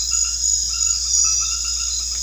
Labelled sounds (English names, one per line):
none